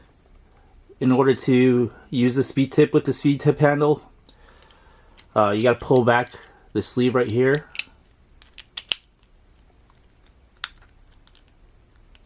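Someone talks while pulling back the spring-loaded sleeve of a MIP Speed Tip quick-release screwdriver handle to insert a hex speed-tip driver bit. Soft handling ticks follow, then sharp metallic clicks around 8.6–8.9 s and 10.6 s. The bit has not seated or locked into the handle yet.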